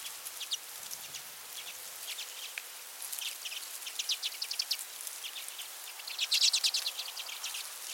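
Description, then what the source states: Common redpoll chattering: quick series of high, dry chips, louder and denser in the later part, with a faint low rustle early on. Nominate subspecies flammea.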